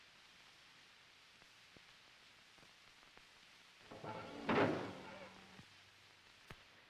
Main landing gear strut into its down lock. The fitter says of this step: when the down lock position is reached an audible click is heard